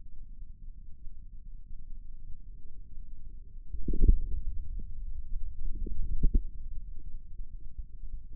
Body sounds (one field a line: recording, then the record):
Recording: forearm muscle sounds (acoustic myography)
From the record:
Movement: inward rotation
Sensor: system 2, bracelet of six BSWA MPA416 microphones around the upper forearm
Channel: 2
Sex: male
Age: 22 years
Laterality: right